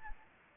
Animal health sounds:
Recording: mosquito wingbeat signal from an infrared sensor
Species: Anopheles gambiae

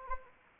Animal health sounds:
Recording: mosquito wingbeat signal from an infrared sensor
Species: Anopheles arabiensis

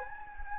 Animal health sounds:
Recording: mosquito wingbeat signal from an infrared sensor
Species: Anopheles gambiae

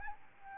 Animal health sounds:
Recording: mosquito wingbeat signal from an infrared sensor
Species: Aedes albopictus

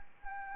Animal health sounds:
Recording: mosquito wingbeat signal from an infrared sensor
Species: Anopheles arabiensis

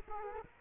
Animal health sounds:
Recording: mosquito wingbeat signal from an infrared sensor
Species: Aedes aegypti

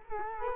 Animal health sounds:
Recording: mosquito wingbeat signal from an infrared sensor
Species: Culex quinquefasciatus

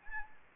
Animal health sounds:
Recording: mosquito wingbeat signal from an infrared sensor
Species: Anopheles arabiensis

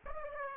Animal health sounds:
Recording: mosquito wingbeat signal from an infrared sensor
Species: Aedes aegypti

